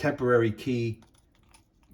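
The emergency metal key is pushed back into a plastic Toyota smart-key fob after a dead fob battery is replaced. Someone talks for the first second, followed by a few faint small clicks and handling sounds. Nothing has seated or snapped home yet.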